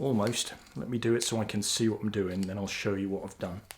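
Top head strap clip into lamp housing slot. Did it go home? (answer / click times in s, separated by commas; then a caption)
no / none. Someone talks while the top head strap's plastic clip on a Petzl Nao RL headlamp is handled near a cut-out slot in the lamp housing. Nothing has seated or clicked yet.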